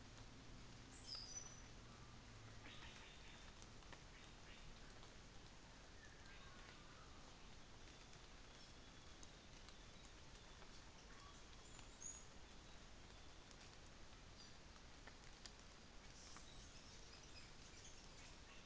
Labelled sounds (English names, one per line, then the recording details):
North Island Saddleback
New Zealand Fantail
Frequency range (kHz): North Island Saddleback 2.9-4.1 kHz
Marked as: faintness 5/5, faintness 3/5, faintness 4/5
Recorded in New Zealand on 24 December 2018
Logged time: 09:00